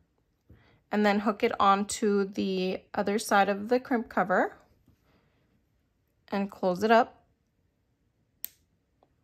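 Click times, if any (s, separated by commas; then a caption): 8.4 s. Someone talks while a small metal jewelry jump ring is hooked onto the other side of a crimp cover and squeezed shut with pliers. At 8.4 s the ends pass each other with a single sharp metallic snap, and a faint tick follows at 9.0 s. The jump ring is seated, snapped closed onto the crimp cover.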